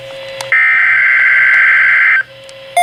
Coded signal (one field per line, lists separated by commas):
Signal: Emergency Alert System (SAME) tones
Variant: header bursts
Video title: EAS alerts (EAS #196-202)